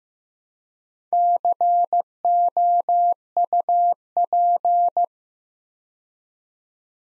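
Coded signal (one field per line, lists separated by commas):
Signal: Morse code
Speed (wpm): 15 wpm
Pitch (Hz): 700 Hz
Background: none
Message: COUP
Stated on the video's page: Morse practice at 15 wpm: 4-letter words sent two letters at a time for instant character recognition, beginner word-building drill.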